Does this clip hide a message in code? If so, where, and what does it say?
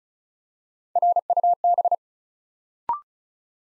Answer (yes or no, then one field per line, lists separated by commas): yes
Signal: Morse code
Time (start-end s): 1.0-1.9 s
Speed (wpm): 36 wpm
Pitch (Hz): 700 Hz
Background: none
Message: RUB